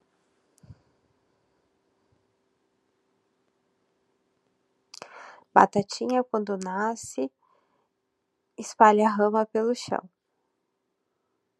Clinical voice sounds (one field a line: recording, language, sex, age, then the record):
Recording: short text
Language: Brazilian Portuguese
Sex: female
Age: 30 to 39 years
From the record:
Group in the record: control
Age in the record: 38 years